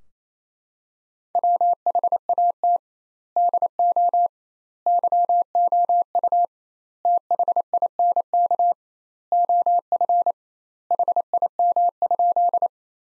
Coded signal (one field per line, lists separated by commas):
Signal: Morse code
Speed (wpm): 28 wpm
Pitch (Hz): 700 Hz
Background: none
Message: WHAT DO YOU THINK OF HIM?